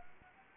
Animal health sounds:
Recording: mosquito wingbeat signal from an infrared sensor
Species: Anopheles arabiensis

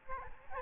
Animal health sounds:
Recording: mosquito wingbeat signal from an infrared sensor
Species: Aedes albopictus

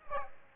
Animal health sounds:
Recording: mosquito wingbeat signal from an infrared sensor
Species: Aedes aegypti

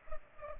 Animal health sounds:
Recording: mosquito wingbeat signal from an infrared sensor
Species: Culex pipiens

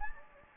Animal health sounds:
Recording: mosquito wingbeat signal from an infrared sensor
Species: Anopheles gambiae

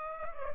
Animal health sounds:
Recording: mosquito wingbeat signal from an infrared sensor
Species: Culex pipiens

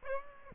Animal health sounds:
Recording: mosquito wingbeat signal from an infrared sensor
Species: Aedes aegypti

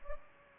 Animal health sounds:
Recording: mosquito wingbeat signal from an infrared sensor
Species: Culex pipiens

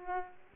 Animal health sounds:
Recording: mosquito wingbeat signal from an infrared sensor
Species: Aedes aegypti

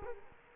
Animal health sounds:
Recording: mosquito wingbeat signal from an infrared sensor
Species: Culex quinquefasciatus

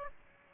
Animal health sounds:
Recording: mosquito wingbeat signal from an infrared sensor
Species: Aedes aegypti

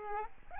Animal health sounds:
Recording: mosquito wingbeat signal from an infrared sensor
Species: Aedes albopictus

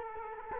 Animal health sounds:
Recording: mosquito wingbeat signal from an infrared sensor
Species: Culex quinquefasciatus

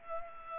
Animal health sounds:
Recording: mosquito wingbeat signal from an infrared sensor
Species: Culex pipiens

